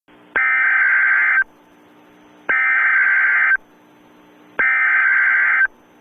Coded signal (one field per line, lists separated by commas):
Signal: Emergency Alert System (SAME) tones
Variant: header bursts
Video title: EAS: Emergency Action Notification